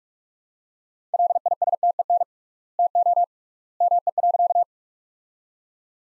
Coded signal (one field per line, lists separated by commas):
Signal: Morse code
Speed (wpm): 46 wpm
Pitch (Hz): 700 Hz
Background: none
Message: LISTEN TO ME.